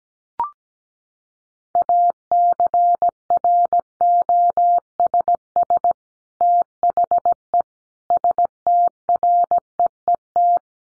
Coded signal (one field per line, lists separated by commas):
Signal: Morse code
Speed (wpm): 17 wpm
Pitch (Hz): 700 Hz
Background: none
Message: ACROSS THE STREET